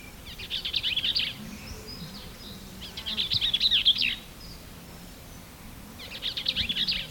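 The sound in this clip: Bell's vireo delivering three fast, jumbled, slurred phrases roughly every three seconds, each rattling and chattery, against a quiet low hum.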